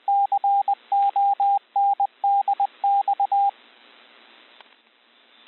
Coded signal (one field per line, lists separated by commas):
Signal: Morse code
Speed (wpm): 20 wpm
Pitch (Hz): 800 Hz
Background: radio noise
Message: CONDX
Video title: Practice Morse code CW recognition